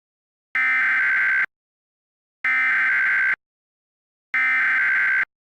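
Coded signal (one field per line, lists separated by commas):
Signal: Emergency Alert System (SAME) tones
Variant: header bursts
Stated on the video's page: Fictional scenario alerts about nuclear power plant explosions near Valdez and Cordova, Alaska.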